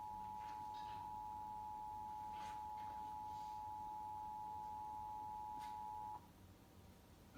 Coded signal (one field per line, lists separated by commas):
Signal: Emergency Alert System (SAME) tones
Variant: 853 and 960 Hz attention tone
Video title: DC Monthly August 2021(EAS 1,902-1,903)